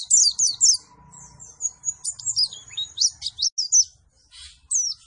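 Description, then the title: White-eye song, rapid high twittering notes with sweeping slurs, delivered in bursts separated by short pauses. Energetic 'gacor' singing after being given You C 1000 vitamin C as a stimulant. "Pleci Gacor. Beginilah Hasil Perform Pleci Dengan Doping Metabolis You C 1000"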